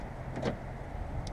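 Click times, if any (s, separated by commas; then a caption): 1.3 s. On a Toyota Tacoma, the tailgate handle is pulled to release the bed extender safety strap's peg, which had been pressed into the tailgate latch striker. A broadband rustle swells around 0.4–0.5 s over a low background rumble. A short, sharp click at 1.3 s marks the peg popping loose from the latch.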